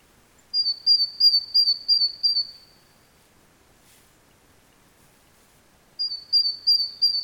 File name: Parus major